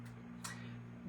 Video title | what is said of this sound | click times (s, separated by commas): Gingerbread Arrangement Full Tutorial | And you can always get another couple little clicks | 0.5 s